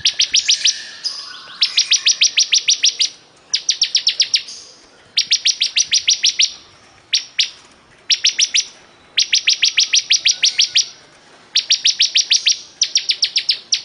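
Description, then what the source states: Bar-winged prinia delivering long runs of rapid, metallic ticking notes, the bursts repeated almost continuously with only short pauses between them. Persistent, vigorous singing (gacor).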